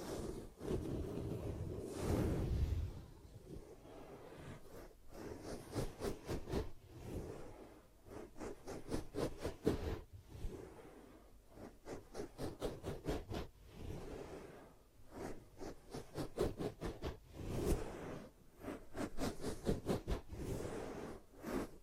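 Ear cupping sounds, muffled hollow rubbing and patting that swell and fade in soft waves. Bursts of quick, regular tapping or flicking come in clusters around eight, eleven, fourteen and nineteen seconds, with brief quiet gaps between the rustling passes.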